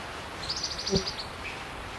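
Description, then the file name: Spotted Antbird call: a quick run of short, high, chippy notes lasting under a second, with a soft low thump and faint hiss behind. "Hylophylax naevioides - Spotted Antbird"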